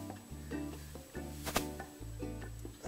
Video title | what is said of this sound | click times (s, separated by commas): Changing Spark Plugs in a 2014 Hyundai i10. 1100 CC | now it gave me a click. | 1.6 s